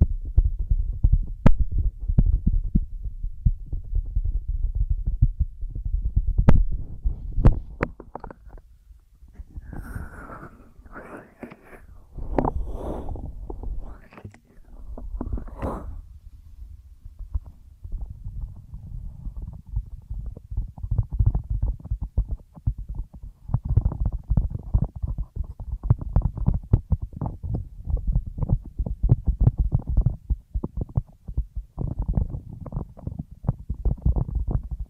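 Ear massage and cleaning: dense, low rubbing and thumping throughout, with brighter squeaky scrapes between ten and sixteen seconds and sharp clicks.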